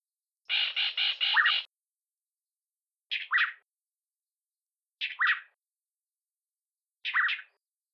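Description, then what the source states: Bird duet: a rapid series of harsh chock notes, then three short double notes about two seconds apart. Duet: a chock series, a low whee-oo, then chocks.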